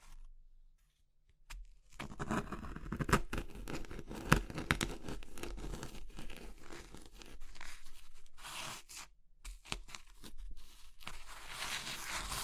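Crushing of soft, crumbly material such as chalk or soap, starting after about two seconds of near silence. Dense crackling and grinding fill the clip, with sharp snapping bursts around three and four seconds and brighter, hissing crumbles near nine and eleven seconds.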